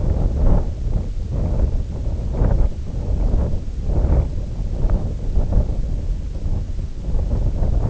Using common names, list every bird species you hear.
none